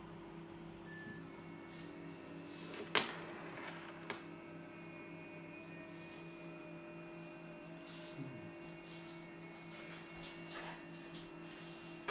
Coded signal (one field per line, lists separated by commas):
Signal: FT8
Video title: ICOM IC 705 -FT8 PRESET MENU after firmware update 1.20